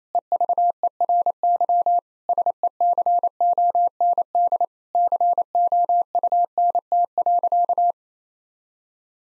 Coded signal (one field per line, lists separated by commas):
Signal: Morse code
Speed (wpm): 28 wpm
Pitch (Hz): 700 Hz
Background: none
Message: EVERY SECOND COUNT.